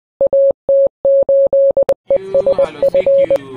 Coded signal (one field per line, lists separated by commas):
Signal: Morse code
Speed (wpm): 20 wpm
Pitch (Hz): 550 Hz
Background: none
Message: AT8ESF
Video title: Special Radio Station AT8ESF